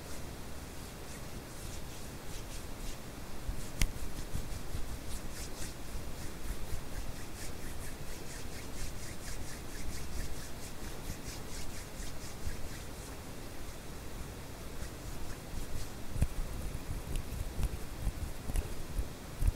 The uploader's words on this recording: HAND SOUNDS ASMR NO TALKING, WHITE NOISE FOR SLEEPING, HAND SOUNDS WITH WHITE NOISE.